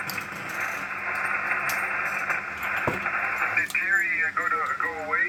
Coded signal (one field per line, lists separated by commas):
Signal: Emergency Alert System (SAME) tones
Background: speech